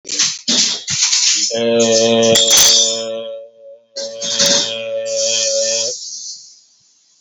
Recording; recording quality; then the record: sustained vowel as in made; moderate, slight background noise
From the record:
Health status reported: healthy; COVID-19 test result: negative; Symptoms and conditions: none ticked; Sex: male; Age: 53 years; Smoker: not ticked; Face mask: not worn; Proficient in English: yes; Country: India